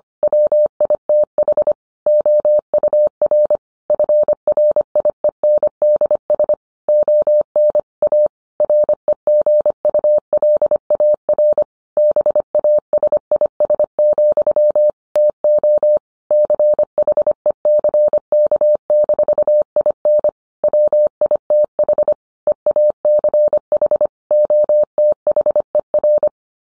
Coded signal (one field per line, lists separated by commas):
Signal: Morse code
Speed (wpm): 25 wpm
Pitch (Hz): 600 Hz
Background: none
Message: WITH OUR FRIENDS ON A REGULAR BASIS, TO CHECK-IN WITH EACH OTHER